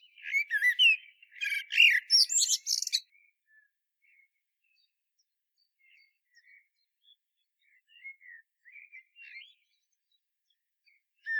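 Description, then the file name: Common blackbird phrase of rising whistles that breaks into shrill, dense twittering, then fades to soft, sparse chirps and one sharp note at the end. "Turdus merula"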